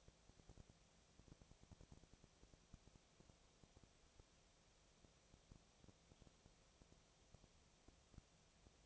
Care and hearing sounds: daily activity, microphone in the room; no activity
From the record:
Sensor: 1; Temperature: 19.6 degrees Celsius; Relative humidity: 36.5%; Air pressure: 997.1 hPa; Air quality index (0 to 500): 204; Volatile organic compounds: 129 ppm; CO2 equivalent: 3922 ppm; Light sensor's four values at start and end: 1/2/1/1 and 1/2/1/1

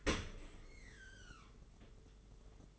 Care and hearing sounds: daily activity, microphone in the room; open dishwasher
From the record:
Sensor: 4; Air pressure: 992.1 hPa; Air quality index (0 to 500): 109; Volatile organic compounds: 18 ppm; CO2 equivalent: 2623 ppm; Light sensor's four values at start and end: 23/78/28/30 and 23/78/28/30

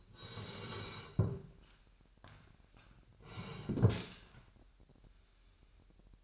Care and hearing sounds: daily activity, microphone in the room; sit down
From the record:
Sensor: 2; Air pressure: 998.4 hPa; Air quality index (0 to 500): 128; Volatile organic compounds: 3 ppm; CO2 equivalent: 1453 ppm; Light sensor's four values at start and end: 9/22/9/10 and 9/22/9/10

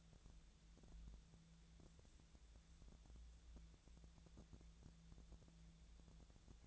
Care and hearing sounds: daily activity, microphone in the room; wipe stove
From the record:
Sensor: 3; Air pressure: 1000.5 hPa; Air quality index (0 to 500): 180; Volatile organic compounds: 4 ppm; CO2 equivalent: 1564 ppm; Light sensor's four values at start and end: 12/29/12/13 and 12/29/12/13

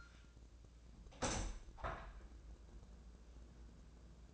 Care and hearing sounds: daily activity, microphone in the room; open window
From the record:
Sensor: 2

